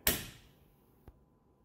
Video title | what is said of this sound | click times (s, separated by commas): Front brake disc & pad replacement Focus ST225 / XR5 Turbo | now pull it out and see it's locked in all the way so it's in all the way | 0.1 s